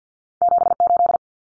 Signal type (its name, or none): Morse code